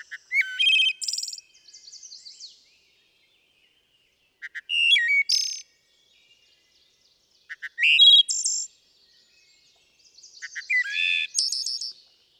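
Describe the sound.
Wood thrush song, four phrases a few seconds apart, each with quiet lead-in notes, liquid fluted middle and a rapid high trilled finish.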